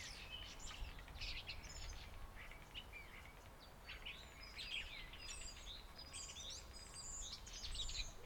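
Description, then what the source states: Common Starling song of jumbled whistles, chirps and rattling clicks in bursts, above heavy low-pitched background rumble. Heard in the background.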